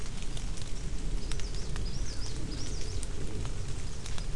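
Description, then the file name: Bird song: a few high, looping whistled notes in quick succession midway, partly masked by dense rain patter and scattered drops. Bird sound mixed with rain. "mixture of bird and rain"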